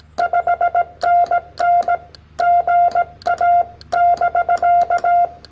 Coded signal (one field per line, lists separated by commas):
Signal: Morse code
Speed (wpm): 18 wpm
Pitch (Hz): 690 Hz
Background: none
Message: 5NN GA<BK>